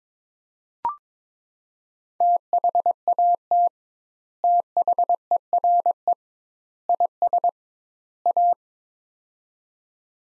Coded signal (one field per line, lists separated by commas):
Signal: Morse code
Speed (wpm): 22 wpm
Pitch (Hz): 700 Hz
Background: none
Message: THAT THERE IS A